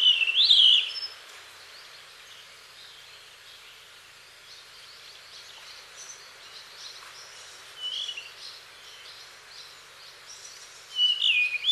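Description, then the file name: Blue rock thrush song: a short whistled phrase at the start, a soft phrase near eight seconds and another at the end, with long quiet gaps between. Recorded in Hyogo, Japan; date given as 0606. "isohiyodori 0606 hyogo kaji"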